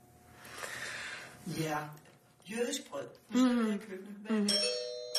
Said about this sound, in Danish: Nu ringer det på døren. Ja, det var barnet, der kom hjem.